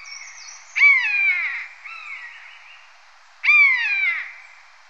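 Marmot calling with two strong, falling whistled cries about three seconds apart and a softer call between them.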